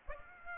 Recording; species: mosquito wingbeat signal from an infrared sensor; Aedes aegypti